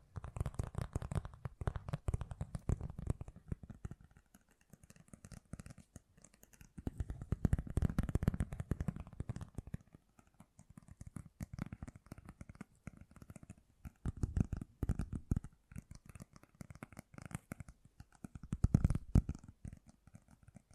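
Fast, gentle tapping in dense, rapid flurries, swelling in low-pitched bursts near 1, 8, 15 and 19 seconds, with brief quieter gaps between.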